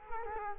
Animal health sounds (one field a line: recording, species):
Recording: mosquito wingbeat signal from an infrared sensor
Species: Culex quinquefasciatus